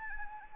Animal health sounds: mosquito wingbeat signal from an infrared sensor; Anopheles arabiensis

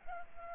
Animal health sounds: mosquito wingbeat signal from an infrared sensor; Culex pipiens

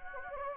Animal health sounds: mosquito wingbeat signal from an infrared sensor; Anopheles gambiae

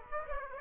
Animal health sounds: mosquito wingbeat signal from an infrared sensor; Aedes aegypti

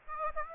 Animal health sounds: mosquito wingbeat signal from an infrared sensor; Aedes aegypti

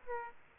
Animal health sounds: mosquito wingbeat signal from an infrared sensor; Aedes aegypti

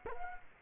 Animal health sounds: mosquito wingbeat signal from an infrared sensor; Culex quinquefasciatus

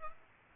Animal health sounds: mosquito wingbeat signal from an infrared sensor; Aedes aegypti

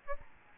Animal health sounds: mosquito wingbeat signal from an infrared sensor; Aedes albopictus

